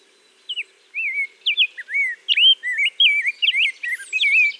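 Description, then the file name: Rose-breasted grosbeak singing a rich, warbled phrase of short rising and falling whistled notes. Song recorded in Minnesota. "RBGR SONG MN - Rose-breasted Grosbeak - Pheucticus ludovicianus"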